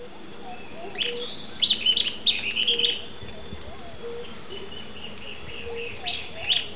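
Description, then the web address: Sooty-headed tyrannulet song: bright, clustered chirpy notes in short bursts around one to three seconds and again near six seconds, over a steady hum and low background noise. Ecuador. "Natures Songs S America Birds of Ecuador 03 Sooty-headed Tyrannulet"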